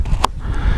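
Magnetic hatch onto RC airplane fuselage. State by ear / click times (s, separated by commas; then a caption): seated / 0.2 s. A foam hatch with two top tabs on a ZOHD Nano Talon RC airplane fuselage is lowered onto its magnet and snaps shut with a sharp click at 0.2 s. Low rumble fills the rest of the clip, and the hatch is seated.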